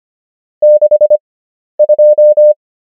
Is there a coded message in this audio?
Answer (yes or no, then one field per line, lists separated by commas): yes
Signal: Morse code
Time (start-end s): 0.6-2.5 s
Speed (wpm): 25 wpm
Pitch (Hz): 600 Hz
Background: none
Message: 62